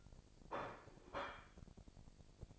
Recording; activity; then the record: daily activity, microphone in the room; place plate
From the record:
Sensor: 5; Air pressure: 1007.5 hPa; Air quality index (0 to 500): 92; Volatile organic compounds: 1 ppm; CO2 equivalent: 725 ppm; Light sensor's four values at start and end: 30/71/29/29 and 30/71/29/29